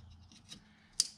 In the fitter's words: insert it till you hear that little click.